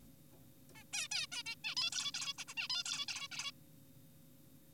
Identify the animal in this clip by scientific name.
Taeniopygia guttata